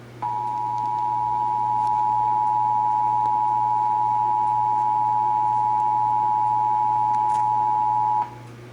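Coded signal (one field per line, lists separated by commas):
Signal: Emergency Alert System (SAME) tones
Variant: 853 and 960 Hz attention tone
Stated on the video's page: Texas required monthly EAS test, heard on broadcast radio and TV stations.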